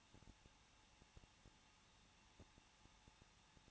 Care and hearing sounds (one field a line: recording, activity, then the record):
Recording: daily activity, microphone in the room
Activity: no activity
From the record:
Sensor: 1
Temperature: 20.1 degrees Celsius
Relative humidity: 39.1%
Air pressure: 1006.4 hPa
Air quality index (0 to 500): 216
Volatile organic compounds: 74 ppm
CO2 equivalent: 3552 ppm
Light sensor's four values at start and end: 1/2/1/1 and 1/2/1/1